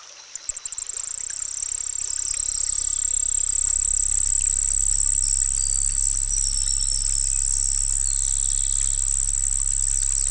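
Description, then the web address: Crickets singing, a steady high shrill trill that swells in during the first seconds, then holds unbroken, over a low constant hum and a few faint chirps. Crickets singing by a pond. "Dr Sound Effects. Crickets Singing By a Pond"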